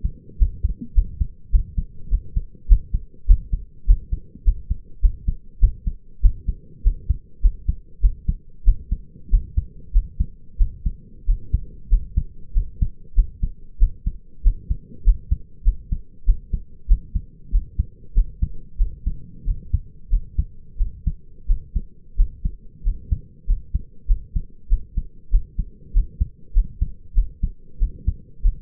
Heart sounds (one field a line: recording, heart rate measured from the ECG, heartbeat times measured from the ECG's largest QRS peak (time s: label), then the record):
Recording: heart sounds by stethoscope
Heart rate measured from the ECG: 96 bpm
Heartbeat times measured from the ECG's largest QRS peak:
0.39 s: heartbeat
0.95 s: heartbeat
1.52 s: heartbeat
2.10 s: heartbeat
2.68 s: heartbeat
3.27 s: heartbeat
3.87 s: heartbeat
4.45 s: heartbeat
5.02 s: heartbeat
5.60 s: heartbeat
6.22 s: heartbeat
6.83 s: heartbeat
7.42 s: heartbeat
8.01 s: heartbeat
8.65 s: heartbeat
9.31 s: heartbeat
9.93 s: heartbeat
10.58 s: heartbeat
11.26 s: heartbeat
11.89 s: heartbeat
12.54 s: heartbeat
13.15 s: heartbeat
13.79 s: heartbeat
14.43 s: heartbeat
15.04 s: heartbeat
15.64 s: heartbeat
16.26 s: heartbeat
16.88 s: heartbeat
17.51 s: heartbeat
18.14 s: heartbeat
18.78 s: heartbeat
19.45 s: heartbeat
20.10 s: heartbeat
20.78 s: heartbeat
21.47 s: heartbeat
22.17 s: heartbeat
22.83 s: heartbeat
23.47 s: heartbeat
24.07 s: heartbeat
24.69 s: heartbeat
25.31 s: heartbeat
25.93 s: heartbeat
26.53 s: heartbeat
27.15 s: heartbeat
27.79 s: heartbeat
28.42 s: heartbeat
From the record:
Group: healthy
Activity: cold pressor test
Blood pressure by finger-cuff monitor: 86/57 mmHg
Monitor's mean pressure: 67 mmHg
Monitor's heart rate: 97 bpm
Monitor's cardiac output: 6.2 L/min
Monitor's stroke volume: 64 mL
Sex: male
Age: 22 years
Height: 181 cm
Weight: 60 kg